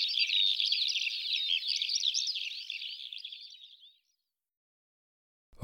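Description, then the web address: Eurasian skylark song, a rapid, continuous stream of high warbled and trilled notes that fades away after four seconds, followed by silence and a brief click. "IVN Zangvogels. Veldleeuwerik"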